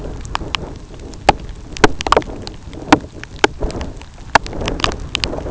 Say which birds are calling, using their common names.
none